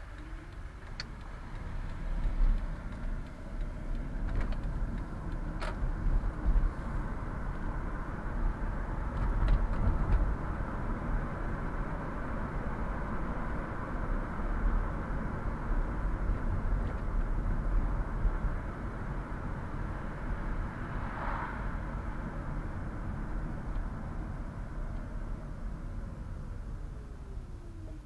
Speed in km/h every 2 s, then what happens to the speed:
6, 18, 25, 31, 36, 40, 43, 41, 37, 34, 32, 28, 22, 14.
0-12 speeds up to 43. 12-28 slows to 14.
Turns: none.